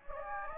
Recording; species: mosquito wingbeat signal from an infrared sensor; Anopheles gambiae